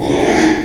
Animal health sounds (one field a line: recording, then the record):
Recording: squeal of a Yucatan mini pig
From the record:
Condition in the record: after surgery on the right vocal fold (resection and tissue-engineered implant)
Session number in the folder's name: 3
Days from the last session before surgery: 33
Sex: male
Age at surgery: 12 weeks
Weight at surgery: 13 kg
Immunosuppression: cyclosporine, prednisolone